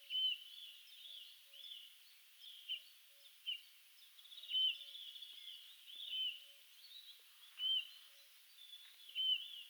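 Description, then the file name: Eurasian bullfinch calls, short soft piping notes repeated irregularly, over steady high background hiss. "Pyrrhula pyrrhula"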